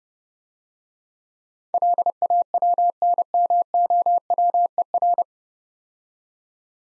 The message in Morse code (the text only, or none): LAWNMOWER